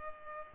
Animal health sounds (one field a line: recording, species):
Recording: mosquito wingbeat signal from an infrared sensor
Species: Culex pipiens